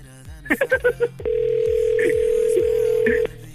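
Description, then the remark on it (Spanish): A quick run of five dialing beeps, then a steady mid-pitched telephone ringing tone holds for about two seconds on an outgoing call, with faint voices murmuring underneath. “Voy por el último intento, carnal. Espero que realmente nos contestes.”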